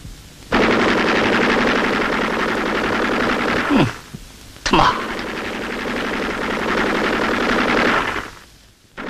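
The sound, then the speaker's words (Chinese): Sustained rapid gunfire giving covering fire for a reconnaissance squad crossing Hill 107, a dense rattling stream of shots, pauses briefly with a couple of sharp sweeping whooshes, then resumes loud and steady before cutting off. “随后，侦察小分队战士在一班长等人枪声的掩护下，顺利通过了107高地。”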